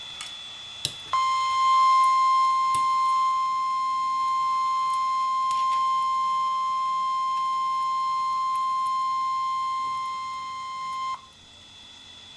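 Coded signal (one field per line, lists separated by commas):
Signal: Emergency Alert System (SAME) tones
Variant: 1050 Hz attention tone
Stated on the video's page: Severe thunderstorm warnings on NOAA Weather Radio.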